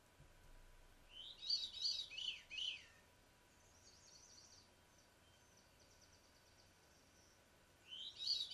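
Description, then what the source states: Veery song: soft, fluty notes in short phrases, then a faint high trill, and another fluty phrase at the end. Song described as beginning high in the upper forest canopy, with the first notes soft and deliberate.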